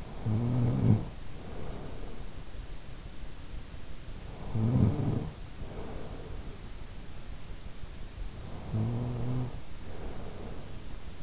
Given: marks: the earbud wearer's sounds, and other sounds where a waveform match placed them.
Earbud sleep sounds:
sounds in sleep by an in-ear microphone; snoring breath
0.00-2.67 s: snoring breath
4.22-6.74 s: snoring breath
8.45-11.23 s: snoring breath

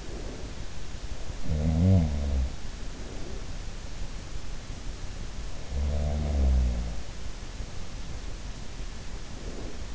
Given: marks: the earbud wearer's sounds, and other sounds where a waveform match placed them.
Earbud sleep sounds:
sounds in sleep by an in-ear microphone; breath
0.00-0.68 s: breath
0.99-3.28 s: sound from someone else or the room
5.28-7.63 s: sound from someone else or the room

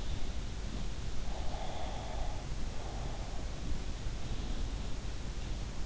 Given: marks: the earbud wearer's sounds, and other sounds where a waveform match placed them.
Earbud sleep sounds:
sounds in sleep by an in-ear microphone; breath
1.26-3.49 s: breath

